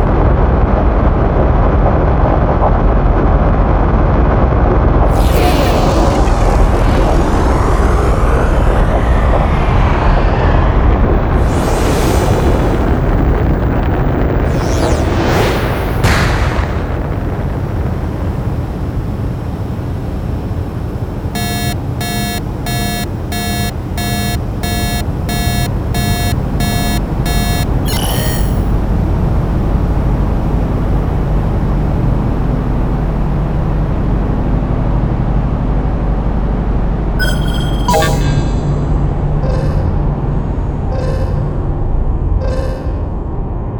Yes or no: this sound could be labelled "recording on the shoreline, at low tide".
no